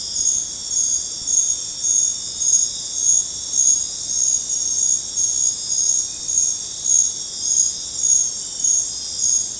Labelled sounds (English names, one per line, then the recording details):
none
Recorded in dense forest near Puerto Asís, Putumayo, Colombia, on 26 December 2024 at 23:30
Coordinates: 0.468, -76.322
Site G071